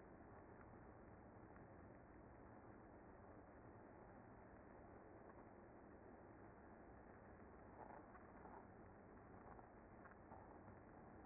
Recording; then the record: honeybee colony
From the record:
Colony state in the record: active